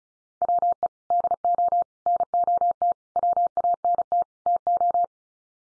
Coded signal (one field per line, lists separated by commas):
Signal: Morse code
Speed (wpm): 34 wpm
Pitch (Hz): 700 Hz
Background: none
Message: WE DO NOT WANT TO